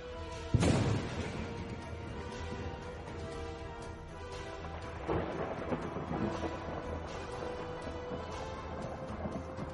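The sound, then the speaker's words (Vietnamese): A sharp thunderclap bursts out near the start, then a deep, rumbling roll of thunder continues with a second swell midway, booming and crackling over a steady low drone. “Vài đạo thân ảnh bất ngờ gào thét từ trên bầu trời xa xăm lao qua, bên cạnh còn có thiên lôi cuồn cuộn.”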